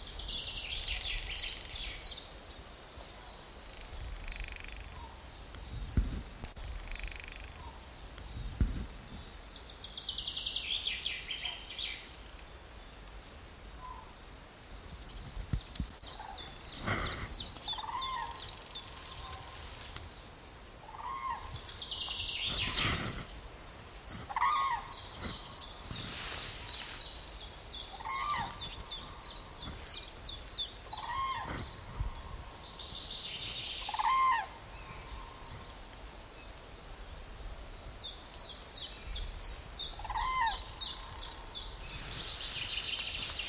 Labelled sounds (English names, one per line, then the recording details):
Common Chiffchaff song
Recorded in the wild
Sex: male
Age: adult
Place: Buckow (Märkische Schweiz), Märkische Schweiz, Brandenburg, DE
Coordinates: 52.5536, 14.0725
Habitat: lake
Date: 1988-04-16 10:59
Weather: sunny, 18-19°C
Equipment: Sony WM-D6C, Sony ECM-939 LT, Kopie 19 cm
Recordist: Tembrock, Günter